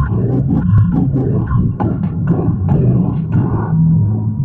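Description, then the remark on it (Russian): A deep, very low growl rumbles steadily for several seconds, menacing and fairly loud, with a rough, throaty texture and faint crackling grit above it. “Затем что-то заскрипело, и Конан услышал негромкий, но жуткий, неимоверно низкий, почти инфрабасовой рык.”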